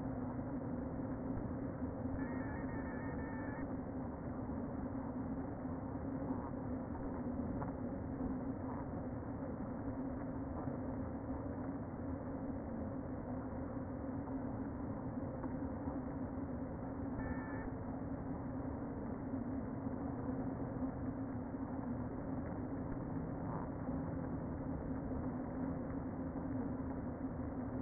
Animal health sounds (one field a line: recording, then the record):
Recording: honeybee colony, microphone inside the hive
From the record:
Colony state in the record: queen present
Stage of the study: before two queens were removed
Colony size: about 60,000 bees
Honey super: yes